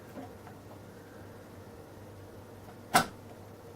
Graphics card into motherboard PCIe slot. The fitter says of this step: you go and when you hear that click sound um you know it's in uh safely